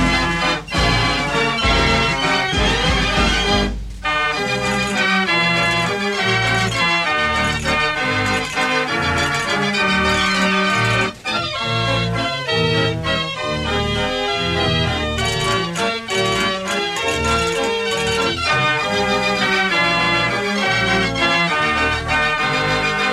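A fair organ plays a lively tune, its pipes giving a bright, reedy sound with a steady bouncing bass and chords underneath. The melody moves quickly and stays loud throughout, with a brief break near four seconds and another short dip around eleven seconds.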